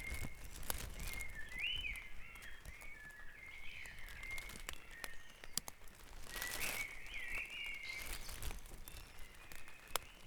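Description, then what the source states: Birds singing in a dawn chorus, looping whistled phrases in two bursts, with short hissy noises and scattered ticks in the background. Dawn chorus recorded at Back Dragon Avenue, Harrogate, as part of a sound map of Harrogate.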